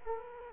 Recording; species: mosquito wingbeat signal from an infrared sensor; Culex quinquefasciatus